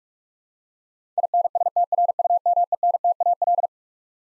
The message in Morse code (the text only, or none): INSTRUMENTAL